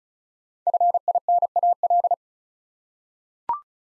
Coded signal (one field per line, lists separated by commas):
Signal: Morse code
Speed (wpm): 34 wpm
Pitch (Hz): 700 Hz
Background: none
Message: FINAL